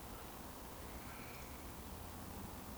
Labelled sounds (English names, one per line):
Eurasian Woodcock whistle